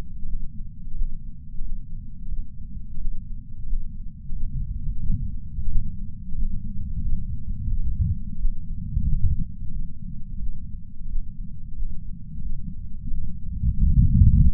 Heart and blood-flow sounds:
heart sounds by patch sensor on the chest; 89 bpm
0.25 s: heartbeat
0.94 s: heartbeat
1.61 s: heartbeat
2.28 s: heartbeat
2.97 s: heartbeat
3.65 s: heartbeat
4.32 s: heartbeat
4.99 s: heartbeat
5.68 s: heartbeat
6.35 s: heartbeat
7.01 s: heartbeat
7.68 s: heartbeat
8.38 s: heartbeat
9.05 s: heartbeat
9.71 s: heartbeat
10.39 s: heartbeat
11.08 s: heartbeat
11.75 s: heartbeat
12.41 s: heartbeat
13.10 s: heartbeat
13.80 s: heartbeat
14.47 s: heartbeat
From the record:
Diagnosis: coronary artery disease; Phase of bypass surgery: postoperative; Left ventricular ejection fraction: 66.5%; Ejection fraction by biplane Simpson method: 64.8%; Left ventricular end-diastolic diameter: 39 mm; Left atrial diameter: 31 mm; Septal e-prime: 4.5 cm/s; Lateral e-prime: 6.6 cm/s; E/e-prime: 22.7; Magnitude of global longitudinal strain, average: 16.9%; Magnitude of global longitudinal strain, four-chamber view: 19.4%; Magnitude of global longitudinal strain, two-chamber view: 15.7%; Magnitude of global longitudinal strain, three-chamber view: 15.8%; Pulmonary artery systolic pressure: 26 mmHg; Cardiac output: 4.24 L/min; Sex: female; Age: 80 years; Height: 150 cm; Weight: 49 kg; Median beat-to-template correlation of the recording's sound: 0.73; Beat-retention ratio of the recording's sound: 1.00

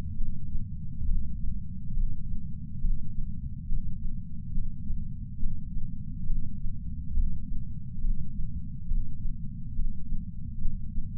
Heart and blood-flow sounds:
heart sounds by patch sensor on the chest; 69 bpm
0.17 s: heartbeat
1.06 s: heartbeat
1.94 s: heartbeat
2.81 s: heartbeat
3.69 s: heartbeat
4.54 s: heartbeat
5.39 s: heartbeat
6.27 s: heartbeat
7.14 s: heartbeat
8.01 s: heartbeat
8.88 s: heartbeat
9.76 s: heartbeat
10.61 s: heartbeat
From the record:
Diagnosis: coronary artery disease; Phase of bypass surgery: preoperative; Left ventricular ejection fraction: 50.2%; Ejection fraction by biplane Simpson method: 54%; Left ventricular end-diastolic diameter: 54 mm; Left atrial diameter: 42 mm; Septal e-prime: 4.1 cm/s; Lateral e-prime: 7.1 cm/s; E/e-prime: 7.2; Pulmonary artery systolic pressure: 19 mmHg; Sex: male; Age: 60 years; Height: 170 cm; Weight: 103 kg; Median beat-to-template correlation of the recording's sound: 0.82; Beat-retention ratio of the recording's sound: 0.99

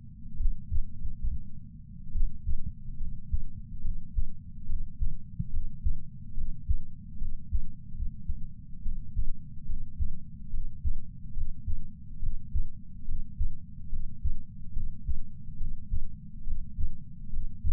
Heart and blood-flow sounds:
heart sounds by patch sensor on the chest; 71 bpm
0.38 s: heartbeat
0.97 s: heartbeat
2.13 s: heartbeat
2.98 s: heartbeat
3.82 s: heartbeat
4.66 s: heartbeat
5.50 s: heartbeat
6.34 s: heartbeat
7.18 s: heartbeat
7.94 s: heartbeat
8.83 s: heartbeat
9.66 s: heartbeat
10.51 s: heartbeat
11.34 s: heartbeat
12.20 s: heartbeat
13.05 s: heartbeat
13.90 s: heartbeat
14.73 s: heartbeat
15.57 s: heartbeat
16.44 s: heartbeat
17.30 s: heartbeat
From the record:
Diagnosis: coronary artery disease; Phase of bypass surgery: intraoperative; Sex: male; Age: 69 years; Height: 165 cm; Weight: 60 kg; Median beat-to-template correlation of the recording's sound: 0.76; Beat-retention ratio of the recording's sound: 0.99

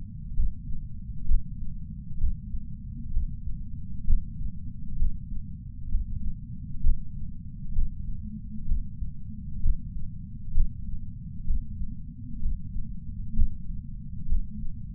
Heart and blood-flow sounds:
heart sounds by patch sensor on the chest; 65 bpm
0.34 s: heartbeat
1.25 s: heartbeat
2.18 s: heartbeat
3.11 s: heartbeat
4.04 s: heartbeat
4.96 s: heartbeat
5.89 s: heartbeat
6.81 s: heartbeat
7.73 s: heartbeat
8.65 s: heartbeat
9.60 s: heartbeat
10.52 s: heartbeat
11.44 s: heartbeat
12.40 s: heartbeat
13.33 s: heartbeat
14.26 s: heartbeat
From the record:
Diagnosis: coronary artery disease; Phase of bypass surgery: preoperative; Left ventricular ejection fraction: 64.7%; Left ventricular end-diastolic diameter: 48 mm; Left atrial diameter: 35 mm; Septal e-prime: 7.2 cm/s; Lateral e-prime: 9.9 cm/s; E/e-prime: 8.2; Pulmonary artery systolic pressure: 27 mmHg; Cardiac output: 5.5 L/min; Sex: male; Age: 75 years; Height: 167 cm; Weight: 58 kg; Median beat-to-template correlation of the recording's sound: 0.83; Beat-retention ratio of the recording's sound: 0.99

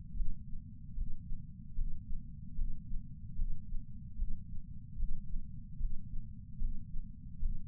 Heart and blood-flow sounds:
heart sounds by patch sensor on the chest; 74 bpm
0.13 s: heartbeat
0.93 s: heartbeat
1.74 s: heartbeat
2.54 s: heartbeat
3.34 s: heartbeat
4.15 s: heartbeat
4.95 s: heartbeat
5.76 s: heartbeat
6.57 s: heartbeat
7.38 s: heartbeat
From the record:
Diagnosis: coronary artery disease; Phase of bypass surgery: intraoperative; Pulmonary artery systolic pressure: 16 mmHg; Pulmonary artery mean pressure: 11 mmHg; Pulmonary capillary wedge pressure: 10 mmHg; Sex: female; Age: 58 years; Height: 155 cm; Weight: 55 kg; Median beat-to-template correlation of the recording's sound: 0.75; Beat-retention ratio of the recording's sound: 0.98

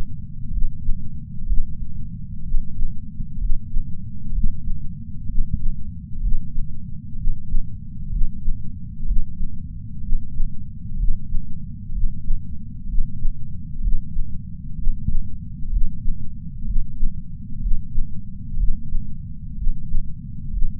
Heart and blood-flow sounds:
heart sounds by patch sensor on the chest; 63 bpm
0.50 s: heartbeat
1.45 s: heartbeat
2.42 s: heartbeat
3.37 s: heartbeat
4.31 s: heartbeat
5.26 s: heartbeat
6.20 s: heartbeat
7.15 s: heartbeat
8.09 s: heartbeat
9.04 s: heartbeat
10.00 s: heartbeat
10.96 s: heartbeat
11.91 s: heartbeat
12.86 s: heartbeat
13.80 s: heartbeat
14.75 s: heartbeat
15.69 s: heartbeat
16.64 s: heartbeat
17.59 s: heartbeat
18.56 s: heartbeat
19.55 s: heartbeat
20.50 s: heartbeat
From the record:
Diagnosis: coronary artery disease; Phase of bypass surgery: preoperative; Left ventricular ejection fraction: 49.5%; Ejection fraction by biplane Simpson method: 47.8%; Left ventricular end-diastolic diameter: 60 mm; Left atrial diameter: 43 mm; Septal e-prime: 5 cm/s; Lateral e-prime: 6.6 cm/s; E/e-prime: 10.3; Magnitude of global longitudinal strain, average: 15.5%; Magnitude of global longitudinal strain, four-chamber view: 15.2%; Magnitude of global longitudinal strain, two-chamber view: 16.5%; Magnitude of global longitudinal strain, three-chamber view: 14.7%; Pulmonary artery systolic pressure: 27 mmHg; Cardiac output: 5.6 L/min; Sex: male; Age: 57 years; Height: 175 cm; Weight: 71 kg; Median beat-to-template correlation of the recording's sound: 0.89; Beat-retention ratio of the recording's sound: 0.99

